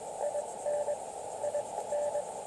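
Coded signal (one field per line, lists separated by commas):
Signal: Morse code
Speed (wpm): 21 wpm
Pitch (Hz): 590 Hz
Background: radio noise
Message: IN I N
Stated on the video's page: QRP CW Parks on the Air activation at a state park using Elecraft KX2 with Bamatech TP-III paddle, Packtenna random wire antenna.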